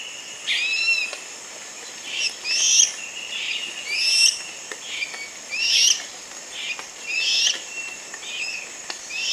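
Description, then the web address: Dusky-capped flycatcher giving a busy series of short whistled notes, some slurred and some clipped, over a steady high hiss. Recorded in Ecuador, South America. "Natures Songs S America Birds of Ecuador Dusky-capped Flycatcher"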